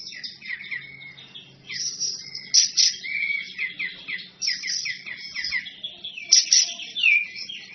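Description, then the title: Bird song made of bright chirps, quick repeated notes and short trills, varying continuously in pitch. Masteran bird-song compilation, described as the most complete. "Masteran burung terlengkap"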